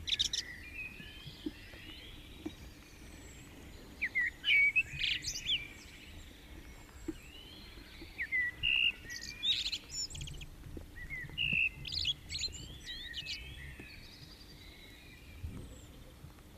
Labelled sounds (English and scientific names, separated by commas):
Common Blackbird (Turdus merula) song